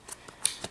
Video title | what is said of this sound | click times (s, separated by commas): Installing a Rugged Radio Intercom | that the switch can sit in there and then it just pops right in nice | 0.5 s